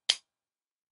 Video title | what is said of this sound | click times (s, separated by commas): Lawnmower Resurrection: Reviving, Flipping, and Profiting on Facebook Marketplace | those little catches put your thumb there and snap it right back in just | 0.1 s